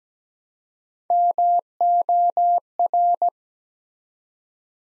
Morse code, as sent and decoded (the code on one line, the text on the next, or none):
-- --- .-.
MOR